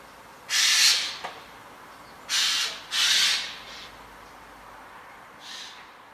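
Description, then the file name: Eurasian jay uttering rough, scratchy screeches in an uneven series: one burst, a pair in quick succession, then a fainter call at the end. "Garrulus glandarius"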